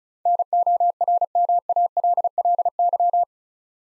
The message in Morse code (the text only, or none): NORMALLY